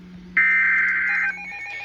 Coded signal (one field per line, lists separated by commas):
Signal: Emergency Alert System (SAME) tones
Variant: header bursts